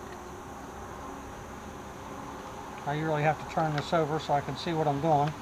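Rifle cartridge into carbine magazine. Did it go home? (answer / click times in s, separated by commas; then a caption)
no / none. Someone turns over the magazine of a Marlin Model 62 .30 Carbine and handles a hollow-point rifle cartridge to line up the round before pushing it home. A low, steady background hum fills the first three seconds, then someone talks until the end. Nothing has seated or clicked yet.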